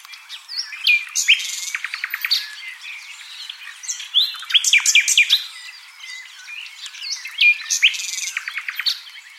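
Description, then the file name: Common nightingale song of quick clicking notes, rich warbled phrases and rapid repeated chips, delivered in bursts with brief gaps. "Luscinia megarhynchos"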